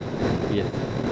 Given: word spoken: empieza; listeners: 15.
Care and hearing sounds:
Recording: one Spanish word in noise, from a listening test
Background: noise modulated by three-talker babble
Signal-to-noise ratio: -5.2 dB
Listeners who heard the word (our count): 1 of 15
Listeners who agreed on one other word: 8 of 15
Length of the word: 0.72 s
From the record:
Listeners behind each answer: 8, 2, 1, 1, 1, 1, 1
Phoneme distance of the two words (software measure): 17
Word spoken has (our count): 3 syllables, 7 phonemes, stress on syllable 2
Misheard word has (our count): 3 syllables, 8 phonemes, stress on syllable 2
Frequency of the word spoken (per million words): 52.17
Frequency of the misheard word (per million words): 26.45

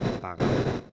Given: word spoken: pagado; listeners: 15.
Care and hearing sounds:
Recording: one Spanish word in noise, from a listening test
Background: noise modulated by one talker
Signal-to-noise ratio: -11.9 dB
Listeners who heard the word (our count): 0 of 15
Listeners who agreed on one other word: 6 of 15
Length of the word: 0.52 s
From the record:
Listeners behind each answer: 6, 2, 1, 1, 1, 1, 1, 1, 1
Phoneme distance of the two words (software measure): 14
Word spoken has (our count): 3 syllables, 6 phonemes, stress on syllable 2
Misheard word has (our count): 2 syllables, 4 phonemes, stress on syllable 1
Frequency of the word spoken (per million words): 14.47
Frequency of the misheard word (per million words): 19.86

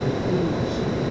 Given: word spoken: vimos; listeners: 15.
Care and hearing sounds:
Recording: one Spanish word in noise, from a listening test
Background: speech-shaped noise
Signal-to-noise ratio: -4.8 dB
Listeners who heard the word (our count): 1 of 15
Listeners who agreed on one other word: 8 of 15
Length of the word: 0.71 s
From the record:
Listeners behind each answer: 8, 2, 1, 1, 1, 1, 1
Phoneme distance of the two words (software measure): 27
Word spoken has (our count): 2 syllables, 5 phonemes, stress on syllable 1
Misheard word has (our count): 2 syllables, 4 phonemes, stress on syllable 1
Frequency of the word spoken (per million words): 17.86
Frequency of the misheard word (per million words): 568.61

